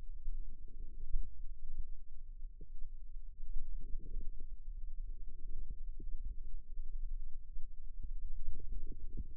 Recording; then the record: forearm muscle sounds (acoustic myography)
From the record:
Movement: wrist flexion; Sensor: system 2, bracelet of six BSWA MPA416 microphones around the upper forearm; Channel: 2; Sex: female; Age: 22 years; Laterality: right